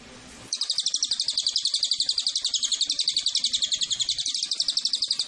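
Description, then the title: Cililin: after a moment of soft hiss, a Cililin starts a fast, even run of piercing high chirps, several each second, continuing without a break. Used as a lure and tutor (pancingan, masteran) to attract the bird. "MASTERAN SUARA BURUNG CILILIN BISA JUGA PANCINGAN CILILIN"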